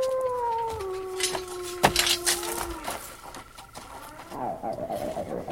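Dogs howl in long, wavering tones that hold steady and then slide downward, overlapping one another, with sharp bursts of noise breaking in partway through.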